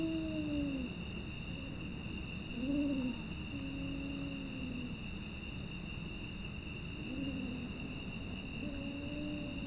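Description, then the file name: Arabian eagle-owl hooting, several low hollow notes, short and longer, overlapping in an exchange between birds, with constant shrill insect chirping behind. Five individuals hooting together at dusk. "Arabian Eagle Owl Hooting Of Five Individuals At Dusk"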